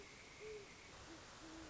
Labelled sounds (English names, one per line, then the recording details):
Great Horned Owl
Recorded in Sonoma County, California